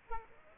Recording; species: mosquito wingbeat signal from an infrared sensor; Aedes aegypti